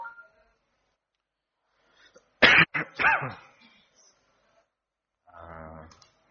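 coughing

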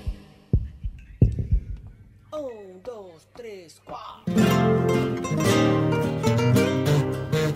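heartbeat sound effect

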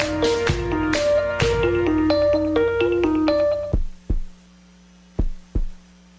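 heartbeat sound effect

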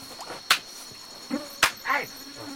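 mosquitoes buzzing

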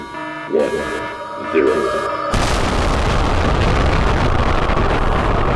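nuclear bomb explosion

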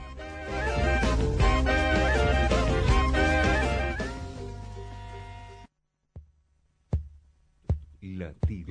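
heartbeat sound effect

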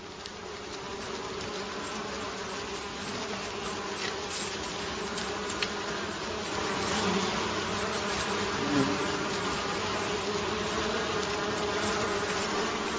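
honeybees buzzing

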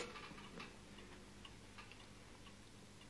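clock ticking

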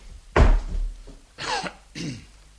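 door slammed shut

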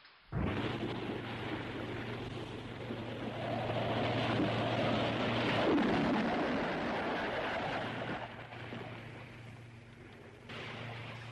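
thunderstorm with rolling thunder

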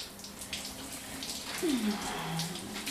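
shower water running

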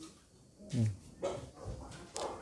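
dog barking

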